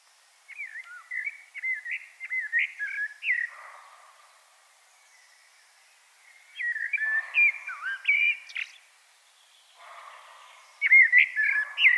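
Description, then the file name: Common blackbird song in three phrases of fluted, wavering notes with brief squeaky additions, separated by pauses. "Turdus merula"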